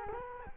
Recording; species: mosquito wingbeat signal from an infrared sensor; Culex quinquefasciatus